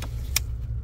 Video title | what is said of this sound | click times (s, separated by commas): Fixing Toyota B1442 servo motor damper control - RAV4 | it clicked into place. | 0.4 s